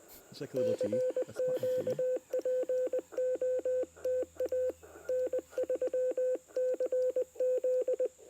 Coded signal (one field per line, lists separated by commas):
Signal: Morse code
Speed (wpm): 20 wpm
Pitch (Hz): 510 Hz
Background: speech, radio noise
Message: CQ POTA N3CZ